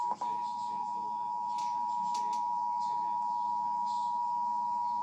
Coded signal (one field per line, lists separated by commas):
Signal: Emergency Alert System (SAME) tones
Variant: 853 and 960 Hz attention tone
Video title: Required Monthly Test on WYFF-TV EAS #10